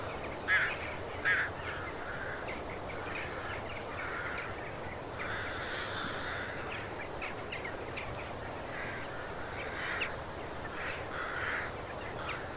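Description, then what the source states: Crows giving two loud harsh caws near the start, then fainter scattered caws over a steady background hiss. Crows in a field.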